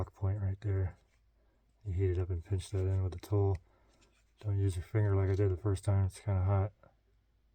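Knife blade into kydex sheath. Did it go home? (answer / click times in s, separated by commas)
no / none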